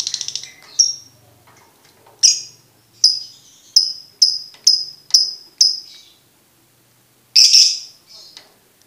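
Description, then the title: Lovebird chirps: a short opening flurry, then a series of single sharp high notes, a pause, and a louder burst followed by a faint note. Training recording for teaching birds; song style called ngekek. "MASTERAN BURUNG Belajar Ngekek"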